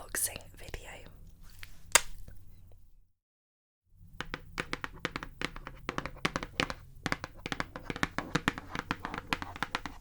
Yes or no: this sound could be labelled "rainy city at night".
no